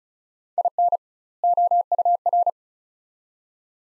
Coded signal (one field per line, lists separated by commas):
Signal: Morse code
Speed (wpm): 36 wpm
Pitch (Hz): 700 Hz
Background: none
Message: IN OUR